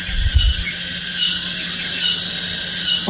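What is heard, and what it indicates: Simulated tinnitus sound played by a device: a continuous cicada-like ringing, like a cicada chirping. Tinnitus is a sound perceived in the ear or head with no external source.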